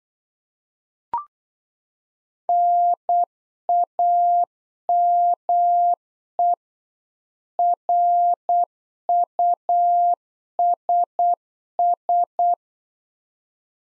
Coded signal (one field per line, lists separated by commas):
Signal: Morse code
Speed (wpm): 8 wpm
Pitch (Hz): 700 Hz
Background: none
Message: NAME RUSS